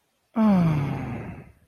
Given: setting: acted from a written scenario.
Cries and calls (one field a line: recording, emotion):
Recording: vocal sound without words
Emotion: contentment